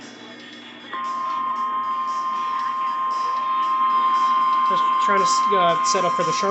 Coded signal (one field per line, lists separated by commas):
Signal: Emergency Alert System (SAME) tones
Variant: 1050 Hz attention tone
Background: speech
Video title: 2023 Carolina Tornado Drills 'n... stuff | EAS #123-125 (EAS Tests from 3/1-8/2023)